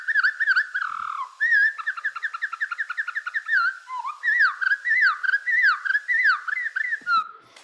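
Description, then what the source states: Winter wren song greatly slowed, becoming low, fluid whistles with warbling slides and repeated looping figures, each note drawn out. Song at one quarter normal speed, showing how complicated it is, with little repeated sections incorporated.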